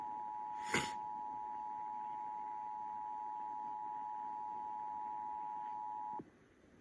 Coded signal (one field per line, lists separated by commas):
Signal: Emergency Alert System (SAME) tones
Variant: 853 and 960 Hz attention tone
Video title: EAS 807 - RMT of New York